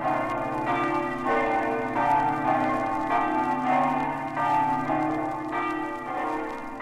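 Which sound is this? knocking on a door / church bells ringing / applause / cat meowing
church bells ringing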